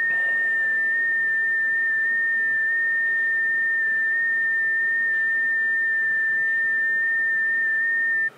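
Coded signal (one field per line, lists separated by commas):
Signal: FT8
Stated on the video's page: FT8 on a QRP Labs QMX QRP transceiver driven by the iOS app iFTx via Lightning-to-USB adapter and USB-C.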